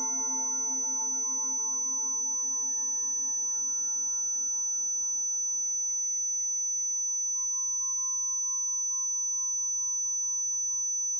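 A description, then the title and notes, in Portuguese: A thin, steady 6000 Hz tone runs unbroken through the whole clip. Beneath it sit several held, ringing tones like a struck metal bowl, slowly fading over the eleven seconds, over a soft low rumble. Frequência 6000 Hz.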